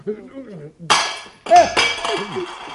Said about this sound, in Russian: Нескладные руки, как крюки. Стакан удержать не может. Ничего страшного. Ничего страшного, друзья мои. Разбился стакан, невелика потеря. Конечно, да и стакан ерундовский. Таких в любом магазине навалом.